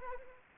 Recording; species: mosquito wingbeat signal from an infrared sensor; Anopheles arabiensis